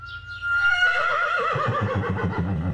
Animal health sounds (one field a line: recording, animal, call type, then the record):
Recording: contact call of a hoofed animal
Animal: horse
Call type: whinny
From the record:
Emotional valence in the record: positive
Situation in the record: reunion with the whole group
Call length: 2.8 s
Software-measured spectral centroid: 1550 Hz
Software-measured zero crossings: 2070 a second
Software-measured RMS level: -23 dBFS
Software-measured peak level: -10 dBFS